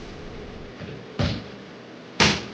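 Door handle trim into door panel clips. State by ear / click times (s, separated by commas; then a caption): not seated / none. Plastic door handle trim on a BMW E46 door panel is lined up with the top and pushed against its clips during a speaker upgrade. Two short knocks of handling are heard, at about 1.2 s and 2.2 s. Nothing has snapped in or seated yet.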